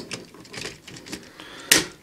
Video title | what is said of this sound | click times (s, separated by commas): ToQ Ressha 8 Diesel Ressha Review | this is just snap into place and | 1.7 s